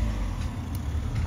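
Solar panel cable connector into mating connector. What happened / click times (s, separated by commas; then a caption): The second cable connector clicked home / 0.8 s. A second solar panel cable connector is snapped into its mating connector, the same way as the first, over a steady low rumble. A short, sharp click sounds at 0.8 s as the connector clicks home and seats.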